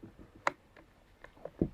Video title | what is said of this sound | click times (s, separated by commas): Parkside 20w Sabre Saw from Lidl. Unboxing, first use test and review | that's it you just put it in and it just clicks into place | 0.5 s